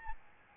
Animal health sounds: mosquito wingbeat signal from an infrared sensor; Aedes albopictus

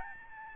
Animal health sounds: mosquito wingbeat signal from an infrared sensor; Aedes albopictus

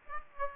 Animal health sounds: mosquito wingbeat signal from an infrared sensor; Aedes aegypti

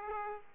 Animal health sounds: mosquito wingbeat signal from an infrared sensor; Aedes aegypti

